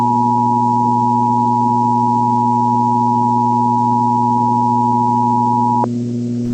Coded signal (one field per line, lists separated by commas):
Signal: Emergency Alert System (SAME) tones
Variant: 853 and 960 Hz attention tone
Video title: The Big One (EAS Scenario)